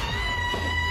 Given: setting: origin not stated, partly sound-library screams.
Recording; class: one-second piece from a danger detection set; woman in danger